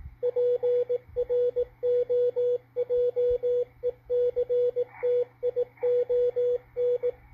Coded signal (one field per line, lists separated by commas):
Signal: Morse code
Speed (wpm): 17 wpm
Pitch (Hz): 490 Hz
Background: radio noise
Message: PROJECTION